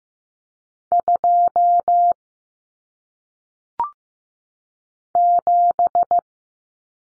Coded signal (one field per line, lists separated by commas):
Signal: Morse code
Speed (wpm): 15 wpm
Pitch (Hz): 700 Hz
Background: none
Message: 2 7